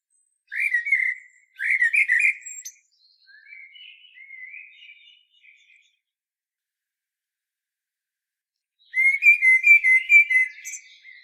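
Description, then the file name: Common blackbird singing two loud fluty phrases, then softer warbled phrases, a long pause, and a final burst of rapid repeated whistled notes. "Turdus merula"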